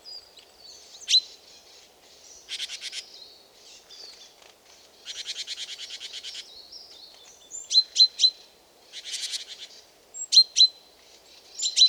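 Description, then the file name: Great tit giving a series of calls: high thin notes, raspy buzzing chatters and crisp repeated chinks, irregular over twelve seconds, steady low hum beneath. "Parus major"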